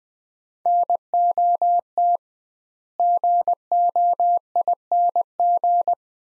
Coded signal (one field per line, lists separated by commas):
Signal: Morse code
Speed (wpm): 20 wpm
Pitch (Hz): 700 Hz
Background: none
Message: NOT GOING